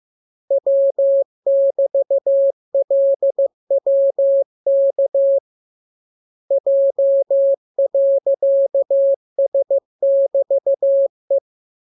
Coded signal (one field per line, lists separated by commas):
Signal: Morse code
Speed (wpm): 15 wpm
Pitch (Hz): 550 Hz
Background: none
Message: W<BT>LWK J.S<BT>E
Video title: Learning Morse Code. Lesson 16. Letter KMURESNAPTLWI.JZ=